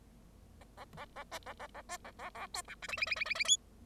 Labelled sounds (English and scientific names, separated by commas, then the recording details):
Bengalese Finch (Lonchura striata domestica) song
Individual Bird0